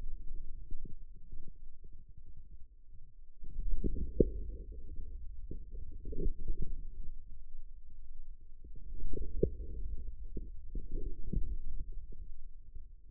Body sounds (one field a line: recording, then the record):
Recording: forearm muscle sounds (acoustic myography)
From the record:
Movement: inward rotation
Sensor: system 2, bracelet of six BSWA MPA416 microphones around the upper forearm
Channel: 3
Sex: male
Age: 22 years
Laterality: right